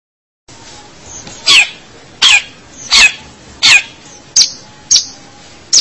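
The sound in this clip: Long-tailed shrike giving harsh scratchy notes, repeated roughly every three-quarters of a second, ending with shorter sharp clicks.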